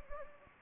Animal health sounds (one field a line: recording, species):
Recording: mosquito wingbeat signal from an infrared sensor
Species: Anopheles gambiae